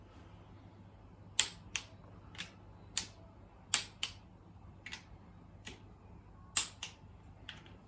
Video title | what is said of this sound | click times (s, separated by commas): We got scammed on our Engine | so you can hear the top wrench clicking which isn't actually putting any more um spin on the nut or compression so it's stopping telling us that it's made its Target | 1.4 s, 3.7 s, 6.6 s